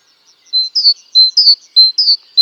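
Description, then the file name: Great tit calling in repeated pairs of high notes, a flat whistle followed by a falling slur, with faint softer twitters behind. "Parus major"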